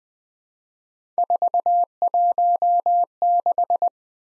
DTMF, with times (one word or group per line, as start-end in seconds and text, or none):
none